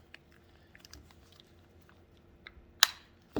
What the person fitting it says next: so you hear them snap then that's it so that side's done